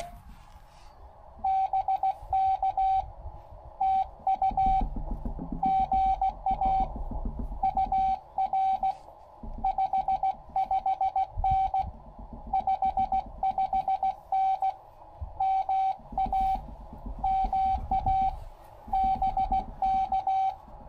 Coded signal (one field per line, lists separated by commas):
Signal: Morse code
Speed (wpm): 16 wpm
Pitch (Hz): 770 Hz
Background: none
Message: BK TU GA UR 55N 55N MA MA BK